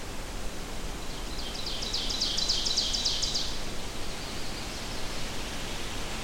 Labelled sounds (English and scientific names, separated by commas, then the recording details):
Ovenbird (Seiurus aurocapilla) song
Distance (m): 40 m
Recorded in boreal forest in Alberta, Canada, on 25 June 2016 at 08:11
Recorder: SongMeter 3, array SBT-6-76
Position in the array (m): 298 m, 79 m
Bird 1